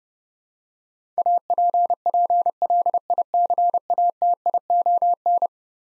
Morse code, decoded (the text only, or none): APPLICATION